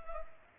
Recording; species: mosquito wingbeat signal from an infrared sensor; Culex pipiens